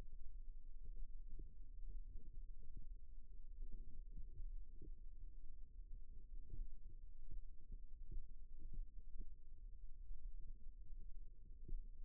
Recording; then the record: forearm muscle sounds (acoustic myography)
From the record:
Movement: rest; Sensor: system 2, bracelet of six BSWA MPA416 microphones around the upper forearm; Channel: 4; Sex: male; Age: 22 years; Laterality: right